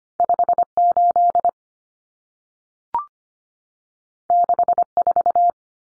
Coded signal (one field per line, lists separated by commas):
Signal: Morse code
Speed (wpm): 25 wpm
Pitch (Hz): 700 Hz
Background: none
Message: 58 64